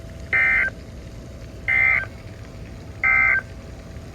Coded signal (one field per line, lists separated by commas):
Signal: Emergency Alert System (SAME) tones